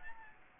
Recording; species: mosquito wingbeat signal from an infrared sensor; Aedes aegypti